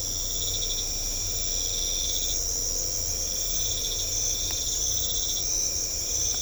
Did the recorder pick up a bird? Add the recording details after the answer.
no. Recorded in secondary vegetation near Puerto Asís, Putumayo, Colombia, on 16 December 2024 at 02:00. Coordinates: 0.500, -76.326. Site G065